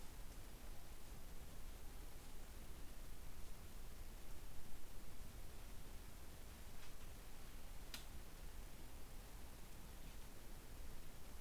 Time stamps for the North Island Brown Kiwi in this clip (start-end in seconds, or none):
none